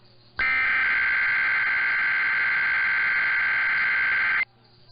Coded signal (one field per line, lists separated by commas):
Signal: Emergency Alert System (SAME) tones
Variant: header bursts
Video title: Late Night Monthly and Weekly Tests (EAS #6362-6366) 4/15-16/22